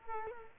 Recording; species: mosquito wingbeat signal from an infrared sensor; Culex quinquefasciatus